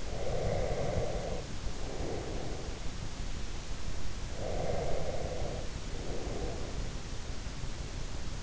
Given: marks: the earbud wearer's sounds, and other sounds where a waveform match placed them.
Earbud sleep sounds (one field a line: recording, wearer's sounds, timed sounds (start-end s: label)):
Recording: sounds in sleep by an in-ear microphone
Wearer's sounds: breath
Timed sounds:
0.00-2.76 s: breath
4.25-6.82 s: breath